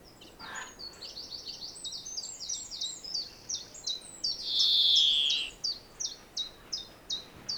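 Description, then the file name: European greenfinch twittering in quick high notes, a harsh nasal wheeze lasting about a second in the middle, then spaced chirps resume. "Chloris chloris"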